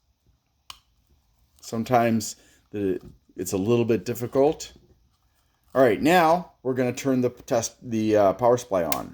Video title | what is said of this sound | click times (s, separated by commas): How To Test Your Power Supply & EN-Labs Power Supply Tester IV Mini-Review | make sure it locks into place | 0.7 s